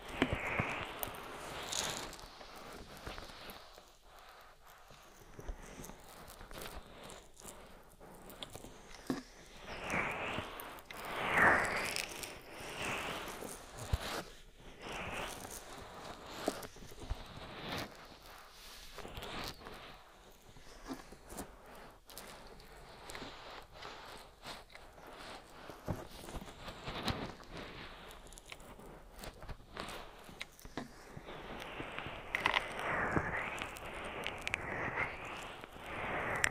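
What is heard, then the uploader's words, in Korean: Oily bare hands massage an ear, giving wet, slick rubbing and squelching strokes that rise and fall in loudness. The strokes are fairly dense and irregular, with brighter swells around 2, 10–12, and 31–34 seconds. Short crackles and soft taps are scattered throughout. ASMR 3dio 귀마사지 오일+맨손 ear massage.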